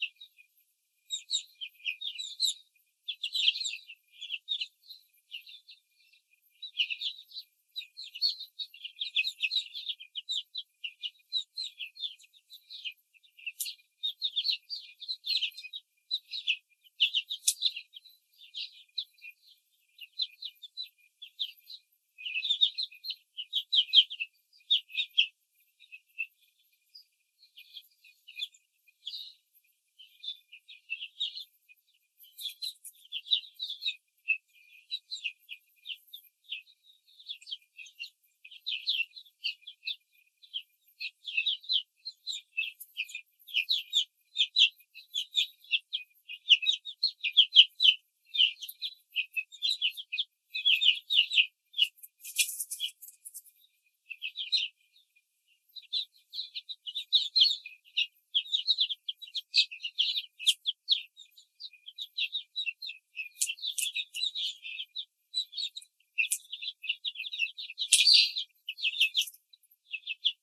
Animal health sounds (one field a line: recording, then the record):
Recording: young laying hens in a cage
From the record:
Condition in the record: control cage, after the stress test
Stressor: none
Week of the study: 4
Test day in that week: 3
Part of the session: 3